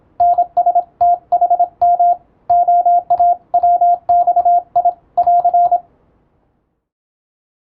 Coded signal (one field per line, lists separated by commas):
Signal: Morse code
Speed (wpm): 27 wpm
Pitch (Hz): 700 Hz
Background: radio noise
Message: NSTHM OAWXI <AR>